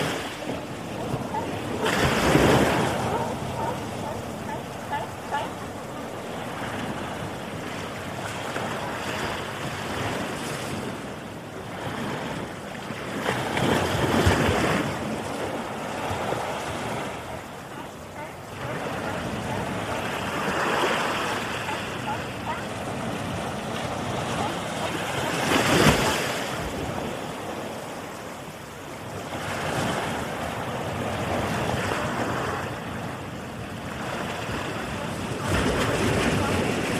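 Ocean waves roll in as a continuous, dense wash of surf, swelling and easing without a break. Louder crashes stand out at about 2, 14 and 26 seconds and again near the end, with a low rumble of wind running underneath throughout.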